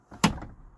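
A swivel cab seat in a Globecar Roadscout HCV2210 is rotated back to face forward, giving a faint knock at 0.1 s before a sharp, loud click at 0.2 s. The seat locks into its forward position.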